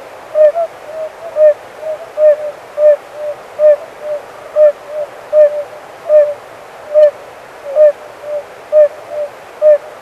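Oriental fire-bellied toad calls: soft, mellow hooting notes in a steady, even series, with quieter notes in between.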